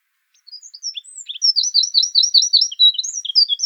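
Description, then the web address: Eurasian wren pouring out high, rapid twittering notes in quick repeated groups, the phrase continuing to the end without pause. Subspecies troglodytes troglodytes; song. "songs troglodytes troglodytes call"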